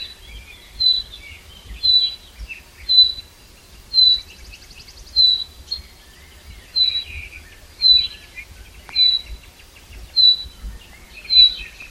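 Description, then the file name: Common chaffinch call notes, thin and whistled, repeated at about one-second intervals against faint background twitters from other birds. "Fringilla coelebs"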